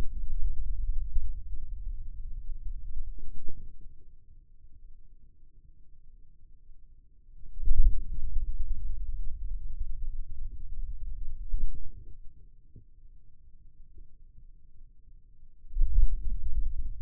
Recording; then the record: forearm muscle sounds (acoustic myography)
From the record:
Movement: radial deviation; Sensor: system 2, bracelet of six BSWA MPA416 microphones around the upper forearm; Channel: 2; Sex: male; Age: 22 years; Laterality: right